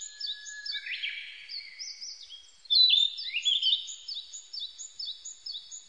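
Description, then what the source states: Narcissus flycatcher in brisk song: rising slurred notes, then a quick, steady series of high downslurred chirps. Recorded 25 April 1998.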